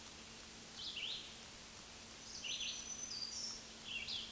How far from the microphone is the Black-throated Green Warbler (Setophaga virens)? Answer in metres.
about 25 m